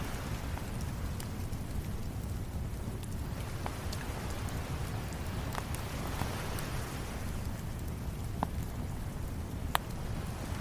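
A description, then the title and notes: A fire crackles with sharp, scattered pops every second or so over a steady, dense low rumble of waves crashing in the distance. Fire on the Beach: Relaxing Soundscape. Lay back and relax by a crackling fire, as gentle waves crash in the distance.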